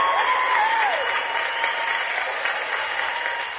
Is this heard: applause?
yes